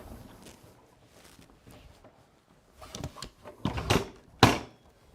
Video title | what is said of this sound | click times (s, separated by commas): SewCreative Live - Christmas! DAY TWO: December 8th, 2022 | grab the metal bracket and it snaps into place | 4.4 s